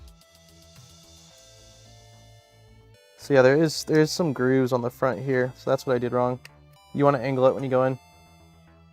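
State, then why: Not seated. Over quiet background music, someone talks about grooves on the front while angling a printed plastic part, possibly the touchscreen mount or cover, into the frame of an LDO Positron 3D printer. Only faint handling ticks are heard near the start. Nothing has seated or clicked yet.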